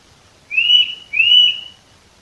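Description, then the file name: Eurasian nuthatch giving a pair of loud, piping whistles that rise then level off, the second following closely after the first, with little else audible. "Sitta europaea"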